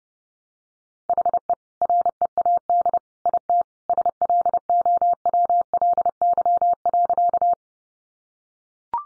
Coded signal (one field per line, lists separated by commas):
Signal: Morse code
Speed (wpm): 30 wpm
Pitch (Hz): 700 Hz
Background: none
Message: HE READ IT SLOWLY.